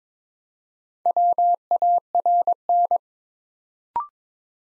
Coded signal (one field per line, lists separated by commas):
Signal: Morse code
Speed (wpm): 22 wpm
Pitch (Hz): 700 Hz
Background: none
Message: WARN